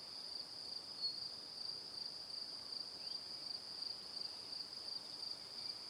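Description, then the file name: Crickets give an unbroken shrill chirping drone with gentle rhythmic pulses. Evening. "Calm - Evening Crickets"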